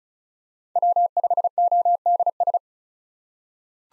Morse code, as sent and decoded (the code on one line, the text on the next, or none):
.-- ..... --- -.. ...
W5ODS